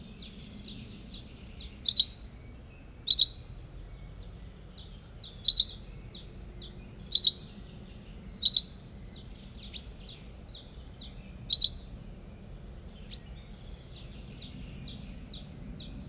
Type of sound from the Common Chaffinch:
call